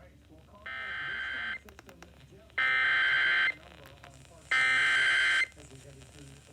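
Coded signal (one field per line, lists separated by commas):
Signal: Emergency Alert System (SAME) tones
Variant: header bursts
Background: speech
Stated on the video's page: SAME alerts received from NOAA Weather Radio stations and FM and AM broadcast radio stations.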